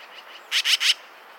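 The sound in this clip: Yellow-billed Magpie call: three quick, harsh, raspy notes in a tight burst, followed by quiet.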